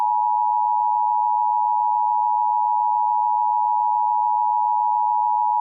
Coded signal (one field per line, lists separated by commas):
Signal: Emergency Alert System (SAME) tones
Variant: 853 and 960 Hz attention tone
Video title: EAS Halloween Special - Triple Threat: Tornado x Creepypasta